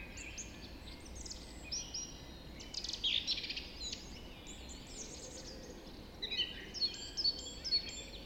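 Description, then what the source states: Birds in a dawn chorus, layered twittering and trilling with bursts of sharper high notes, over a constant low hum. Dawn chorus recorded just after dawn in the Forest of Dean.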